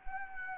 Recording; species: mosquito wingbeat signal from an infrared sensor; Anopheles gambiae